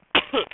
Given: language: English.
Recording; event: throat vibration sensor signal played as sound; cough